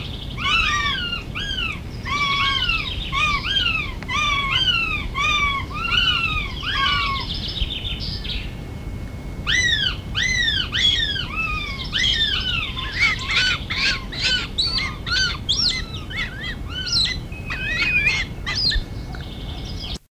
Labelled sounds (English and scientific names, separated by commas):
Northern Goshawk (Accipiter gentilis) call